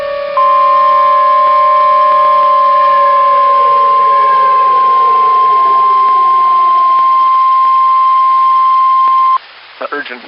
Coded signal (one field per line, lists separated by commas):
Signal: Emergency Alert System (SAME) tones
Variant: 1050 Hz attention tone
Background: speech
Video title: Southern Ohio takes ANOTHER hit.. 🌪 || EAS Alerts from May 7, 2024 (EAS #2,654-2,667)